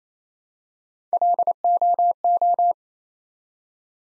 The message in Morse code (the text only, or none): LOO